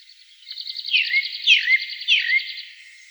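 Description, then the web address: Black-throated thrush song: three clear whistles, each sliding down, repeated about every half second over a steady pulsing high-pitched background. "soud Drozd chernozobyj"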